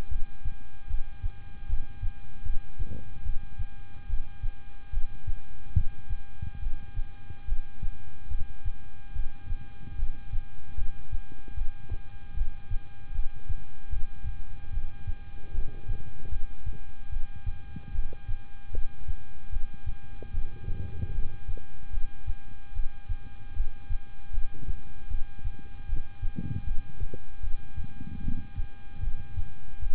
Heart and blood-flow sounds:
heart sounds by stethoscope; between the tricuspid and mitral areas; 75 bpm
0.08 s: heartbeat
0.87 s: heartbeat
1.66 s: heartbeat
2.43 s: heartbeat
3.22 s: heartbeat
4.06 s: heartbeat
4.90 s: heartbeat
5.73 s: heartbeat
6.59 s: heartbeat
7.45 s: heartbeat
8.28 s: heartbeat
9.12 s: heartbeat
9.95 s: heartbeat
10.75 s: heartbeat
11.54 s: heartbeat
12.34 s: heartbeat
13.12 s: heartbeat
13.89 s: heartbeat
14.70 s: heartbeat
15.51 s: heartbeat
16.29 s: heartbeat
17.09 s: heartbeat
17.92 s: heartbeat
18.71 s: heartbeat
19.50 s: heartbeat
20.31 s: heartbeat
21.11 s: heartbeat
21.90 s: heartbeat
22.72 s: heartbeat
23.53 s: heartbeat
24.31 s: heartbeat
25.08 s: heartbeat
25.86 s: heartbeat
26.64 s: heartbeat
27.40 s: heartbeat
28.21 s: heartbeat
29.00 s: heartbeat
29.79 s: heartbeat
From the record:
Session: rest, lying down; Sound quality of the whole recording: good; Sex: male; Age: 26 years

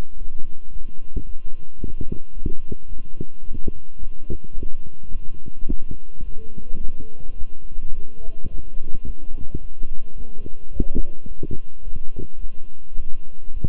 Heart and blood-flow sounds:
heart sounds by stethoscope; between the tricuspid and mitral areas; 108 bpm
0.17 s: heartbeat
0.71 s: heartbeat
1.25 s: heartbeat
1.79 s: heartbeat
2.33 s: heartbeat
2.87 s: heartbeat
3.43 s: heartbeat
3.98 s: heartbeat
4.54 s: heartbeat
5.11 s: heartbeat
5.67 s: heartbeat
6.23 s: heartbeat
6.79 s: heartbeat
7.36 s: heartbeat
7.92 s: heartbeat
8.49 s: heartbeat
9.05 s: heartbeat
9.61 s: heartbeat
10.16 s: heartbeat
10.71 s: heartbeat
11.27 s: heartbeat
11.83 s: heartbeat
12.38 s: heartbeat
12.96 s: heartbeat
13.51 s: heartbeat
From the record:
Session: walking at 3.7 km/h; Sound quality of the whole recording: good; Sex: male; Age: 26 years

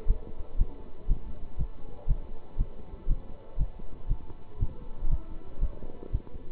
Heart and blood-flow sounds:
heart sounds by stethoscope; between the tricuspid and mitral areas; 119 bpm
0.06 s: heartbeat
0.57 s: heartbeat
1.07 s: heartbeat
1.56 s: heartbeat
2.06 s: heartbeat
2.57 s: heartbeat
3.07 s: heartbeat
3.56 s: heartbeat
4.07 s: heartbeat
4.58 s: heartbeat
5.08 s: heartbeat
5.59 s: heartbeat
6.11 s: heartbeat
From the record:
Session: pedaling a stationary bicycle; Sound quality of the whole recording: good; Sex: male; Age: 27 years

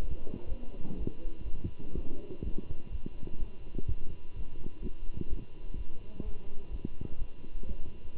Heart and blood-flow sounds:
heart sounds by stethoscope; between the tricuspid and mitral areas; 125 bpm
0.48 s: heartbeat
0.97 s: heartbeat
1.44 s: heartbeat
1.93 s: heartbeat
2.42 s: heartbeat
2.90 s: heartbeat
3.38 s: heartbeat
3.87 s: heartbeat
4.34 s: heartbeat
4.81 s: heartbeat
5.29 s: heartbeat
5.76 s: heartbeat
6.23 s: heartbeat
6.70 s: heartbeat
7.18 s: heartbeat
7.66 s: heartbeat
8.14 s: heartbeat
From the record:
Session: Bruce protocol treadmill stress test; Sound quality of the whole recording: good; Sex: male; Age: 23 years

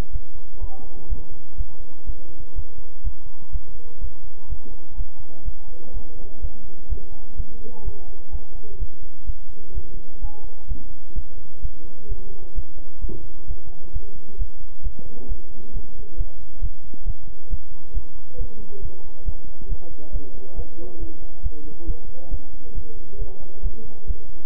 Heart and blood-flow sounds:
heart sounds by stethoscope; between the tricuspid and mitral areas; 130 bpm
0.11 s: heartbeat
0.59 s: heartbeat
1.08 s: heartbeat
1.56 s: heartbeat
2.05 s: heartbeat
2.54 s: heartbeat
3.02 s: heartbeat
3.51 s: heartbeat
3.99 s: heartbeat
4.48 s: heartbeat
4.95 s: heartbeat
5.44 s: heartbeat
5.92 s: heartbeat
6.40 s: heartbeat
6.88 s: heartbeat
7.35 s: heartbeat
7.83 s: heartbeat
8.31 s: heartbeat
8.78 s: heartbeat
9.25 s: heartbeat
9.73 s: heartbeat
10.20 s: heartbeat
10.67 s: heartbeat
11.14 s: heartbeat
11.60 s: heartbeat
12.07 s: heartbeat
12.53 s: heartbeat
13.00 s: heartbeat
13.46 s: heartbeat
13.91 s: heartbeat
14.37 s: heartbeat
14.82 s: heartbeat
15.27 s: heartbeat
15.72 s: heartbeat
16.16 s: heartbeat
16.60 s: heartbeat
17.04 s: heartbeat
17.48 s: heartbeat
17.93 s: heartbeat
18.36 s: heartbeat
18.80 s: heartbeat
19.24 s: heartbeat
19.67 s: heartbeat
20.11 s: heartbeat
20.54 s: heartbeat
20.98 s: heartbeat
21.42 s: heartbeat
21.85 s: heartbeat
22.29 s: heartbeat
22.73 s: heartbeat
23.17 s: heartbeat
23.61 s: heartbeat
24.06 s: heartbeat
From the record:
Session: bicycle stress test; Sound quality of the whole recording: good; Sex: male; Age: 26 years

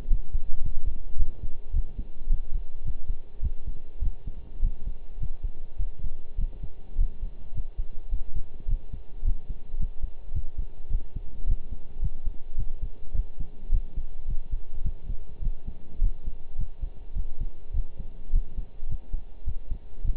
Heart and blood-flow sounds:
heart sounds by stethoscope; between the tricuspid and mitral areas; 105 bpm
0.10 s: heartbeat
0.64 s: heartbeat
1.18 s: heartbeat
1.73 s: heartbeat
2.30 s: heartbeat
2.85 s: heartbeat
3.42 s: heartbeat
4.01 s: heartbeat
4.62 s: heartbeat
5.20 s: heartbeat
5.79 s: heartbeat
6.38 s: heartbeat
6.98 s: heartbeat
7.55 s: heartbeat
8.12 s: heartbeat
8.68 s: heartbeat
9.24 s: heartbeat
9.79 s: heartbeat
10.34 s: heartbeat
10.90 s: heartbeat
11.47 s: heartbeat
12.02 s: heartbeat
12.58 s: heartbeat
13.14 s: heartbeat
13.72 s: heartbeat
14.28 s: heartbeat
14.84 s: heartbeat
15.42 s: heartbeat
16.01 s: heartbeat
16.58 s: heartbeat
17.16 s: heartbeat
17.74 s: heartbeat
18.33 s: heartbeat
18.90 s: heartbeat
19.47 s: heartbeat
20.04 s: heartbeat
From the record:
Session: pedaling a stationary bicycle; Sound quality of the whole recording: partially saturated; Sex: male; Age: 23 years

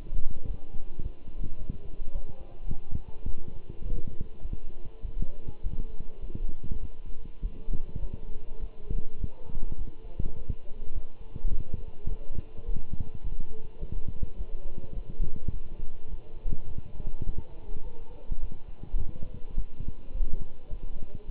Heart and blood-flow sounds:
heart sounds by stethoscope; between the tricuspid and mitral areas; 104 bpm
0.47 s: heartbeat
1.03 s: heartbeat
1.59 s: heartbeat
2.14 s: heartbeat
2.69 s: heartbeat
3.26 s: heartbeat
3.84 s: heartbeat
4.42 s: heartbeat
5.02 s: heartbeat
5.63 s: heartbeat
6.21 s: heartbeat
6.80 s: heartbeat
7.42 s: heartbeat
8.01 s: heartbeat
8.61 s: heartbeat
9.19 s: heartbeat
9.78 s: heartbeat
10.36 s: heartbeat
10.94 s: heartbeat
11.51 s: heartbeat
12.08 s: heartbeat
12.65 s: heartbeat
13.23 s: heartbeat
13.80 s: heartbeat
14.37 s: heartbeat
14.95 s: heartbeat
15.52 s: heartbeat
16.10 s: heartbeat
16.68 s: heartbeat
17.25 s: heartbeat
17.84 s: heartbeat
18.41 s: heartbeat
18.99 s: heartbeat
19.56 s: heartbeat
20.13 s: heartbeat
20.70 s: heartbeat
21.27 s: heartbeat
From the record:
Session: walking at 3.7 km/h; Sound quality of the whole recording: good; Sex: male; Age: 24 years

